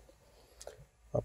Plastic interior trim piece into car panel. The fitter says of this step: snaps into place up